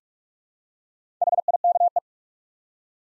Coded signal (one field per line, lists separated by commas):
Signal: Morse code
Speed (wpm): 44 wpm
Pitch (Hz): 700 Hz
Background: none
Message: HIKE